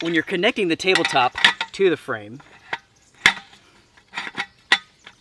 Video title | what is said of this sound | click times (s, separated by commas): PROBLEMS : Sportneer Folding Table – Medium Size - Real Review | it doesn't really click into place and i wish it did that way you would know that you really had it connected | none